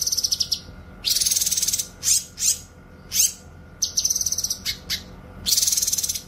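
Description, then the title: Streaked spiderhunter delivers rapid buzzy trills alternating with sharp chips, against a faint steady hum. Tutor song for training birds; singing vigorously, clear and long. "Pijantung Gunung Gacor Jernih Panjang"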